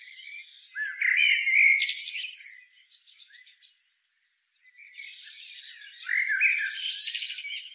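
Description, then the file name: Common blackbird song: warbled phrases around the low-middle register with squeaky high twitters, a short pause near four seconds, then another varied phrase. "Turdus merula"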